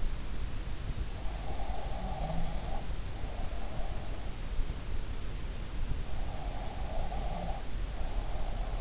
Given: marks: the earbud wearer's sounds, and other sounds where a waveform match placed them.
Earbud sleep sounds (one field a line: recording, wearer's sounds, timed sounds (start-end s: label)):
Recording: sounds in sleep by an in-ear microphone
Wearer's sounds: breath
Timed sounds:
1.64-4.16 s: breath
6.17-8.81 s: breath